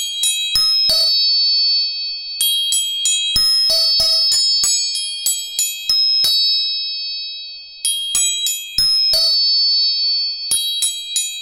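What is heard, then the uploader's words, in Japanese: Tuning forks are struck over and over in quick clusters, each tap a sharp metallic click followed by a clear, high, steady ring that hangs on between strikes. The bursts come in groups of rapid taps with short pauses, bright throughout. 音叉チューニング全体性。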